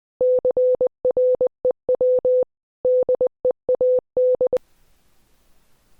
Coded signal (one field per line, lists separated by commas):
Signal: Morse code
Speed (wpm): 20 wpm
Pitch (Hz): 500 Hz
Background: none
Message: CREW DEAD